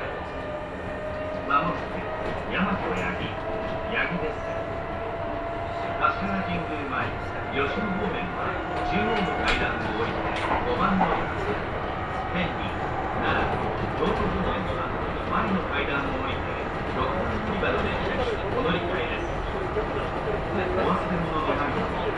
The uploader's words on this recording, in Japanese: 耳で楽しむ鉄道旅 近鉄大阪線 区間準急 大和朝倉→近鉄下田。大和朝倉始発の区間準急大阪上本町行きに乗り換えました。区間準急なので途中の河内山本までは各駅停車となります。